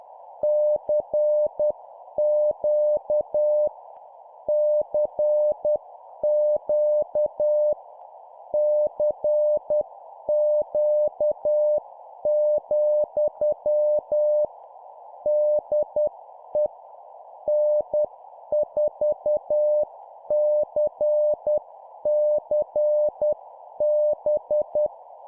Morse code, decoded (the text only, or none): CQ CQ CQ, DE N4CCB